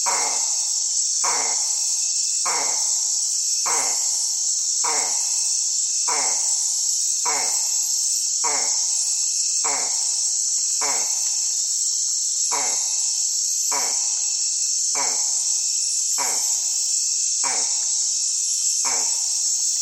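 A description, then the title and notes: Bamboo rats call in a regular series of sharp, clipped knocks, roughly every 1.2 seconds, clear across the full twenty seconds. Behind them a dense, bright wall of insect buzzing holds steady throughout the calm rainforest night. Amazon Rainforest - Riverside - Calm Night Atmosphere With Bamboo Rat. Bamboo rats calling on a calm night deep in the Amazon rainforest. Recorded with unattended drop rig: Sony PCM D100, Clippy mics and WindBubbles.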